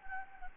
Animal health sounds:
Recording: mosquito wingbeat signal from an infrared sensor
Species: Anopheles gambiae

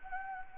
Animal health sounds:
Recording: mosquito wingbeat signal from an infrared sensor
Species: Anopheles gambiae

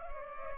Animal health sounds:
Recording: mosquito wingbeat signal from an infrared sensor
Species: Culex pipiens

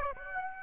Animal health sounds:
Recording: mosquito wingbeat signal from an infrared sensor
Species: Aedes aegypti

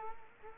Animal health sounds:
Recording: mosquito wingbeat signal from an infrared sensor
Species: Culex quinquefasciatus

